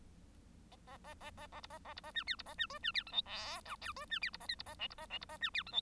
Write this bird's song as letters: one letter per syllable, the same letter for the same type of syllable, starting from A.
A A A A A A B A A B A C D B A C E C D F G H I J E C D B A K B A L B A L B A C D F G